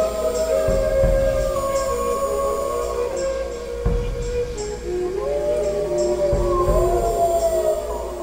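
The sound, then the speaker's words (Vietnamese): A chorus of many wolves howling at once, long overlapping wavering cries rising and falling in pitch over a steady low rumble, with no talking. “Nghìn sói cùng tru.”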